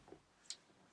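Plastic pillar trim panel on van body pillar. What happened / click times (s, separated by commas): The plastic trim popped off its clip / 0.5 s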